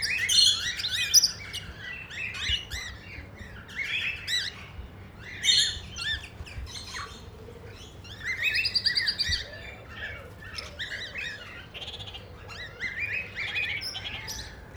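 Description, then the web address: Parrot squawks in loose bursts, nasal bent notes and chattering phrases with brief quieter gaps, several birds overlapping. Several parrots at Nyíregyháza Zoo, recorded in 2010, calling from the top of a green pyramid. "nyiregyhazizoo 2010 standardt madarak papagajokazoldpiramistetejen"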